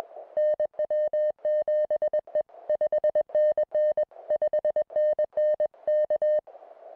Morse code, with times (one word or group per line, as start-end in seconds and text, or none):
0.4-2.4 NW7E
2.7-4.0 5NN
4.3-5.7 5NN
5.9-6.4 K